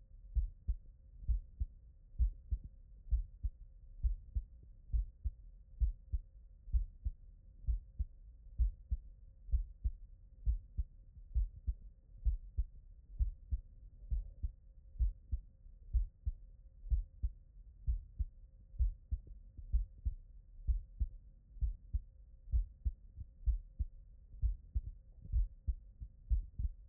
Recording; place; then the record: heart sounds by stethoscope; tricuspid valve (TV)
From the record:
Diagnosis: non-HFrEF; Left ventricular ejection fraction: 68%